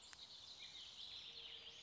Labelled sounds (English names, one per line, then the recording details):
Western Flycatcher
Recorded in Sonoma County, California